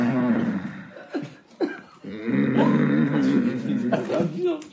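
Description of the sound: An adult man's voice imitates the loud snoring of a friend's father: a deep, rough, rumbling drone broken by two short snorting bursts, then a long growling stretch. The snoring meant the father would not wake up. It is a vocal impression of heavy snoring, not real sleep breathing.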